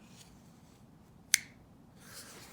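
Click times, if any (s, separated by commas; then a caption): 1.3 s. The spring-loaded steel ball lock of a Spyderco Dodo M4 folding pocket knife snaps into place as the blade is opened. A single sharp, bright click at 1.3 seconds rises well above quiet low background noise, with faint hiss before and after. The blade is locked open with a smooth, satisfying lockup.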